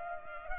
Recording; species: mosquito wingbeat signal from an infrared sensor; Culex pipiens